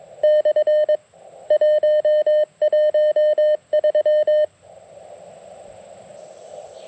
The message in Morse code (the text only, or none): /113